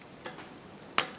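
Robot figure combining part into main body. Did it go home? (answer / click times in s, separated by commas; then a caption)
yes / 1.0 s. During the final combination step of a Bandai Soul of Chogokin GX-68 The King of Braves GaoGaiGar die-cast and plastic robot figure, a combining part is pushed into the main body. After a faint tick at 0.3 s, a sharp, bright click at 1.0 s marks both sides locking in, followed by a softer tick near 1.2 s. The parts are seated and locked together.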